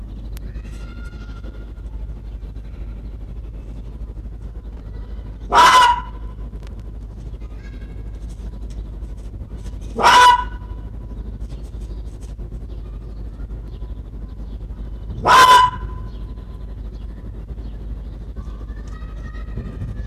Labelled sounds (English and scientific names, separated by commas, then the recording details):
Arctic Fox (Vulpes lagopus) barking
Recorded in captivity
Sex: male
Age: adult
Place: Zoologisches Institut der HUB, Berlin, DE
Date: 1957-04-06 15:30
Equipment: Elmetra
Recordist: Tembrock, Günter
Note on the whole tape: Fuchsanlage: "Teddy": offenes Bellen gegen Beobachter